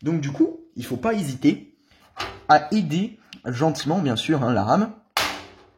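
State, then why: Seated. Someone talks while a memory module, latched on only one side, is forced firmly into a motherboard DIMM slot using non-working parts. A single loud, harsh snap is heard at 5.2 s as the RAM stick clips in, and it is then properly seated.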